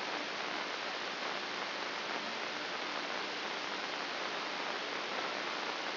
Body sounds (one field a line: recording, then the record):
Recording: brain microelectrode recording played as sound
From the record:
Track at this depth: outside the subthalamic nucleus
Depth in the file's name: 8.028 mm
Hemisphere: left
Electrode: 2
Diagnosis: Parkinson's disease